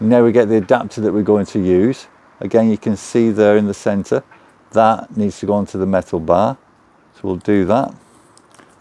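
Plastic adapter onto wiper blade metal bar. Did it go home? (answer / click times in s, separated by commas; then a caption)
yes / 8.4 s, 8.5 s. A plastic wiper adapter is pressed onto the metal bar at the centre of a new wiper blade on a Ford Fiesta while someone talks. Two faint clicks come at 8.4 s and 8.5 s as the adapter clips onto the bar and seats, confirmed as done.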